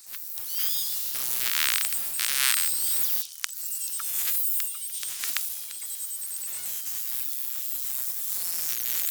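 Beluga whale clicks and whistles: dense buzzing click trains, the heaviest around two seconds, with thin high whistles and scattered sharp clicks throughout under a steady hiss.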